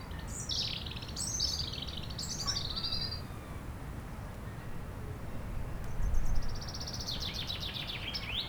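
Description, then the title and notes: European robin singing high, tumbling trills and squeaky notes over the first few seconds and again near the end, with a quiet gap between and wind rumbling underneath. Chindrieux, France; sunny sloping lawn by a beach, sheltered from the north wind; a robin singing not far away; wind rumbling in the trees. "Chindrieux, France - rouge gorge. Au soleil sur la pelouse en pente de la plage de Châtillon , à l'abri du vent du Nord , un rouge gorge chante non loin , rumeur du vent dans les arbres"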